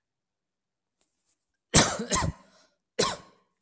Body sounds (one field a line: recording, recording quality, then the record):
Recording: heavy voluntary cough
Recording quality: excellent, no background noise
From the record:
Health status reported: healthy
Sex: male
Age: 21 years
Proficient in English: yes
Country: India